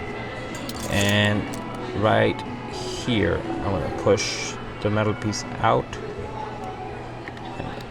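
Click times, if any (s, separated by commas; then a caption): 7.3 s. Someone talks while working the metal retaining piece on a Diesel DZ7315 watch and pressing a new, slightly thick silver-oxide coin cell into the movement's metal battery holder. A single sharp click comes at 7.3 s as the battery seats in the holder.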